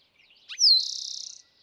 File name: Eastern Towhee